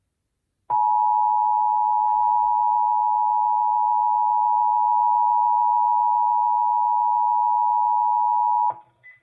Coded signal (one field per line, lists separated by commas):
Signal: Emergency Alert System (SAME) tones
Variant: 853 and 960 Hz attention tone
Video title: Child Abduction Emergency - 03/23/22 (EAS #2,465)